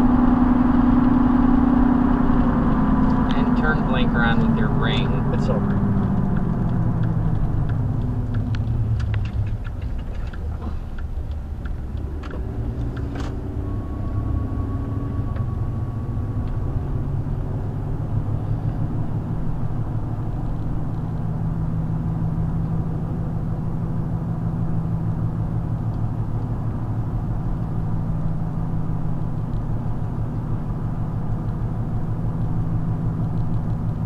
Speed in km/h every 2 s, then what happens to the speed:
93, 93, 74, 58, 37, 24, 29, 37, 45, 53, 55, 55, 53, 55, 53, 53, 55.
2-10 brakes to 24. 10-19 speeds up to 55. 19-34 steady at about 55.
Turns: 8-12.